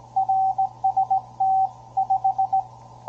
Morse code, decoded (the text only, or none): RST 5